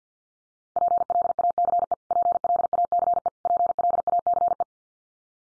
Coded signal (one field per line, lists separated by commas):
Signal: Morse code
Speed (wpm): 50 wpm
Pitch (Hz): 700 Hz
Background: none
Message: PLACE PLACE PLACE